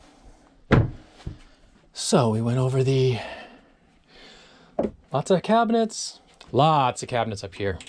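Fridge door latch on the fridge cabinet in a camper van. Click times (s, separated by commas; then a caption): 0.7 s. A camper van fridge door is pushed firmly closed, and its latch on the fridge cabinet gives a sharp, audible click at 0.7 s, confirming the door is latched shut. Afterward someone talks.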